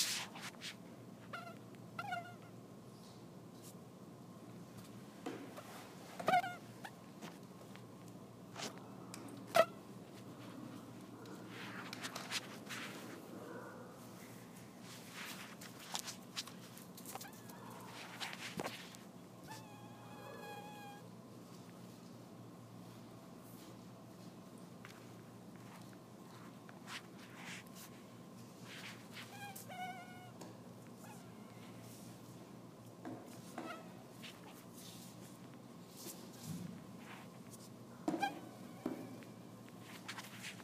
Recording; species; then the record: mosquito flight sound by mobile phone; Anopheles dirus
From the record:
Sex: male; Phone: iPhone 4S